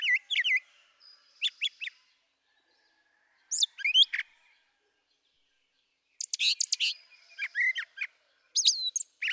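Brown thrasher song with doubled and tripled phrases of slurred and chippy notes, interrupted by longer silences between bursts.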